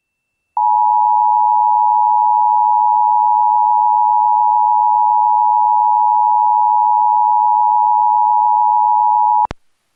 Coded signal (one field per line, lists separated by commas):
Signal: Emergency Alert System (SAME) tones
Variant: 853 and 960 Hz attention tone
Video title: EAS #401 - Required Monthly Test (AM/FM)